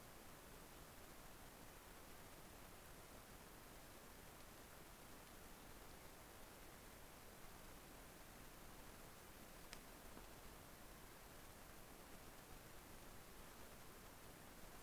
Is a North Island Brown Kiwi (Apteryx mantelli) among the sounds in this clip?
no